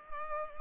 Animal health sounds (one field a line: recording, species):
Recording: mosquito wingbeat signal from an infrared sensor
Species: Culex pipiens